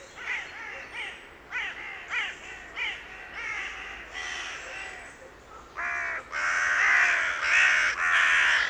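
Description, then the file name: Carrion crow calls, a run of short hoarse caws about every half second, then louder, longer rasping caws toward the end. "Corvus corone"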